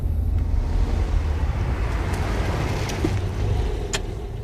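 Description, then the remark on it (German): A car engine rumbles low and steady as the vehicle pulls up and comes to a stop, with a few faint clicks and a brief high squeak over the idling drone. “Bleiben Sie hier beim Wagen”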